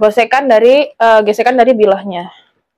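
A full-tang HSS slaughtering knife is being handled at its sheath with a retention catch, with the catch held before the blade goes in. Someone talks throughout the clip, and no other distinct sound stands out. The knife has not yet seated or clicked into the sheath.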